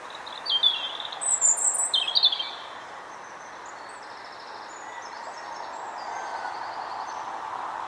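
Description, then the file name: European robin with high, silvery warbled notes and quick trills in the first few seconds, then fainter high twitters against steady background noise. "Erithacus rubecula"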